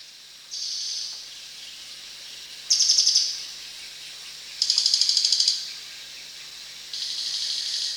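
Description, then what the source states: Crested jay calling with four harsh high bursts about two seconds apart, some steady hissy buzzes and others rapid pulsed rattles. Recorded at Danum on 1 January 2008.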